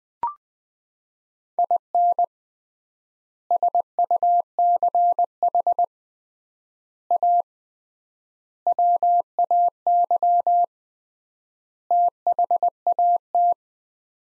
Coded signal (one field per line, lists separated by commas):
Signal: Morse code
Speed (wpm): 20 wpm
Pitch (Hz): 700 Hz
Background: none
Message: IN SUCH A WAY THAT